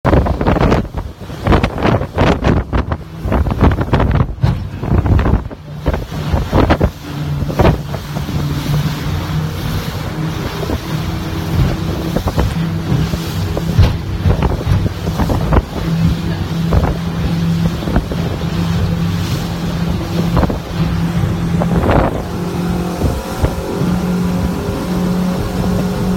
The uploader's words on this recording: Whitehaven Beach. Really choppy sea ride from one end of the beach to the other. This is us coming around Tongue Point from Tongue Bay towards Hill Inlet Lookout Point back towards the campground.